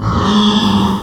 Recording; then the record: squeal of a Yucatan mini pig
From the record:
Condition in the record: after surgery on the right vocal fold (resection and tissue-engineered implant); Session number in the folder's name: 16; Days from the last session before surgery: 183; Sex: female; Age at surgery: 19 weeks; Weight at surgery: 25 kg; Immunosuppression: prednisolone